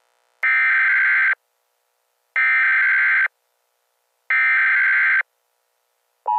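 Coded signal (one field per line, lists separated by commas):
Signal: Emergency Alert System (SAME) tones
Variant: header bursts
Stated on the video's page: Fictional EAS scenario episodes; the alert tones are part of simulated, made-up emergencies.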